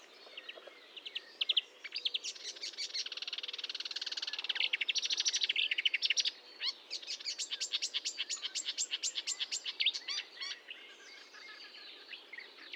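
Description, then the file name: Marsh warbler song: long continuous medley of scratchy buzzes, trills and rapid ticking series, varied and busy throughout. Recorded at Fontaine-Française, Fourneau, France, on 1 June 2022 at 10:55, with a Nagra recorder and Telinga microphone. "Rousserolle verderolle 20220601 1055 Fontaine-Francaise-Fourneau-Nagra-Telinga"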